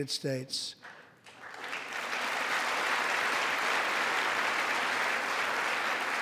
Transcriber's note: applause